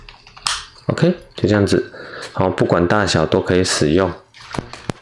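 A plastic strap buckle on a radio holster holding a larger radio is closed and adjusted, with a few small clicks leading to a sharp snap at 0.5 s as the buckle fastens. Someone then talks, and a few more light clicks follow near the end.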